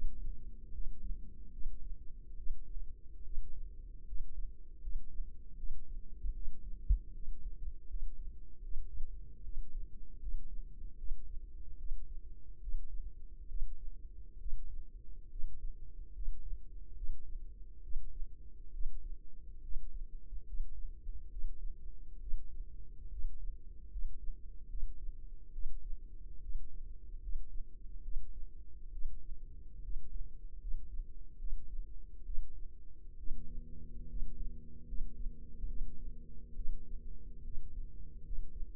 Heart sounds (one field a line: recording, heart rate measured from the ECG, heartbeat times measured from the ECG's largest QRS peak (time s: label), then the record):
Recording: heart sounds by microphone in the left ear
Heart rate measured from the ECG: 72 bpm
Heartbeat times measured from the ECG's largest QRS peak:
0.72 s: heartbeat
1.52 s: heartbeat
2.37 s: heartbeat
3.24 s: heartbeat
4.06 s: heartbeat
4.81 s: heartbeat
5.57 s: heartbeat
6.34 s: heartbeat
7.13 s: heartbeat
7.88 s: heartbeat
8.62 s: heartbeat
9.43 s: heartbeat
10.20 s: heartbeat
10.97 s: heartbeat
11.78 s: heartbeat
12.60 s: heartbeat
13.48 s: heartbeat
14.39 s: heartbeat
15.30 s: heartbeat
16.13 s: heartbeat
16.95 s: heartbeat
17.82 s: heartbeat
18.72 s: heartbeat
19.62 s: heartbeat
20.45 s: heartbeat
21.30 s: heartbeat
22.20 s: heartbeat
23.10 s: heartbeat
23.90 s: heartbeat
24.68 s: heartbeat
25.52 s: heartbeat
26.41 s: heartbeat
27.21 s: heartbeat
28.02 s: heartbeat
28.91 s: heartbeat
29.82 s: heartbeat
30.59 s: heartbeat
31.38 s: heartbeat
32.25 s: heartbeat
33.18 s: heartbeat
34.08 s: heartbeat
34.86 s: heartbeat
35.67 s: heartbeat
36.55 s: heartbeat
37.44 s: heartbeat
38.23 s: heartbeat
From the record:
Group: healthy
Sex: female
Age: 22 years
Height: 163 cm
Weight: 67.1 kg